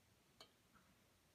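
A check valve removal tool is turned by hand inside the metal pump tube of a Coleman lantern's fuel tank, its prongs working toward the slot of the brass check valve. A sharp tick sounds at 0.4 s and a softer one near 0.8 s over a low background. The clip ends before the prongs drop into the slot, so nothing has seated or clicked into place yet.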